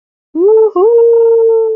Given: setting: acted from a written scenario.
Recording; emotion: vocal sound without words; elation